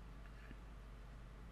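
A plastic seat shell is being pushed onto a re-foamed driver bottom seat cushion so its clips go into the holes in the cushion frame. Only a steady low hum and faint handling rustle are heard. Nothing has seated or clicked yet.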